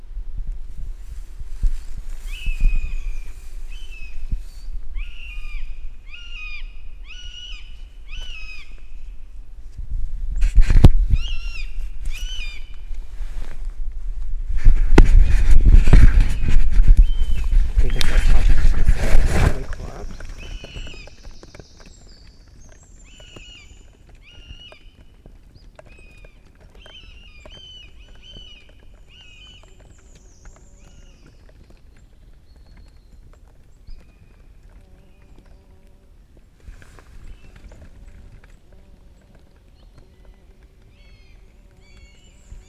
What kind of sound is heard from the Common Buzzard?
call